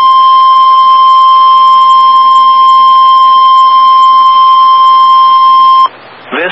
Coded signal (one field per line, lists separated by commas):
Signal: Emergency Alert System (SAME) tones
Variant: 1050 Hz attention tone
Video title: EAS Ice Storm Warning Washington, DC/Virginia/Maryland NOAA Weather Radio +WeatherSTAR4000